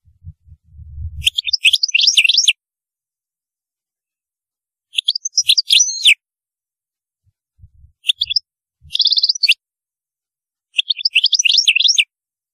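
European goldfinch song in several bursts of rapid tinkling twitter separated by silent gaps, with low thumps at the start.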